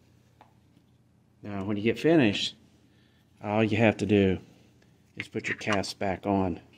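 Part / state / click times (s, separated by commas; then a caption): plastic cap onto motorcycle fork adjuster / not seated / none. Plastic caps are being handled to go back onto the adjusters on top of the front fork tubes of a Moto Guzzi Breva 1200 Sport after a front fork preload adjustment. Someone talks throughout, with only a faint brief tick near 0.4 s in the quiet before. No cap has seated or clicked on yet.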